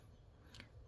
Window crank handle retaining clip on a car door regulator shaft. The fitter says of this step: and get in it with a pick I can just snap this off um